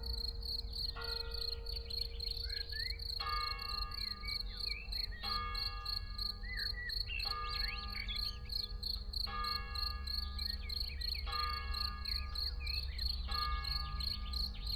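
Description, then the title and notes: Field cricket keeps up rapid, high chirping as church bells toll roughly every two seconds, with blackbird phrases weaving between the strokes. Early summer in a small village, Ettenkirch near Lake Constance, recorded over 14 years ago with Edirol R1 and OKM I microphones; blackbirds and church bells in background. "Ettenkirch near lake Constance - Early summer scene in a small village. Frühsommerszene in einem kleinen Dorf in der Nähe des Bodensees: Feldgrille, Amseln, Kirchenglocken, Stimmen und einige Autos im Hintergrund"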